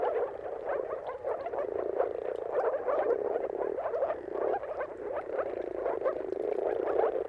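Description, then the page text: Moor frogs in a dense mating chorus, soft bubbling, gurgling calls overlapping continuously in a low-pitched band, with no pauses. Mating calls of many moor frogs at sunrise, a spectacle seen at the turn of March and April depending on the weather. "Dawn’s Chorus: Mating Calls of Marsh Frogs at Sunrise. Depending on the weather at the turn of March and April, you can witness an amazing spectacle of moor frogs. Jakub Orzecki. earth.fm"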